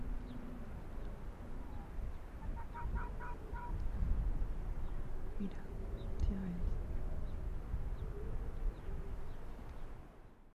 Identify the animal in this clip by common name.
Arctic Fox